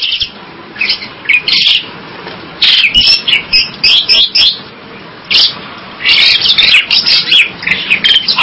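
Bird song in bursts of rapid high chirping separated by short quiet gaps.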